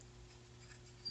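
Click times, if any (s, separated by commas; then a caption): none. A metal engine part is handled and lined up to fit onto a scooter cylinder head during unboxing. Only faint handling noise is heard over a steady low hum, with a slight bump near 1.1 s. Nothing has seated or clicked yet.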